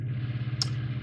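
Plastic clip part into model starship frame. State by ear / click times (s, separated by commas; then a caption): seated / 0.6 s. A plastic part with a clip on one side is pushed into the frame of an Eaglemoss U.S.S. Enterprise NCC-1701-D model starship kit (shipment 9), with a steady low hum underneath. One sharp, short click sounds at 0.6 s as the clip snaps in, and the part is seated securely.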